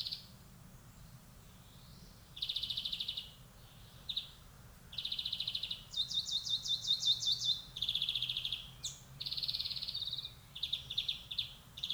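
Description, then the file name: European greenfinch calling in uneven bursts of quick pulsed trills and short chirps, including a longer higher-pitched rapid run midway; steady low rumble underneath. "Chloris chloris"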